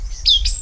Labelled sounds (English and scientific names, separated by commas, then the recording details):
Stitchbird (Notiomystis cincta) song
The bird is a male
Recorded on Tiritiri Matangi Island, New Zealand, in 2005
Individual 19, of nest box 27